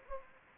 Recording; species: mosquito wingbeat signal from an infrared sensor; Anopheles arabiensis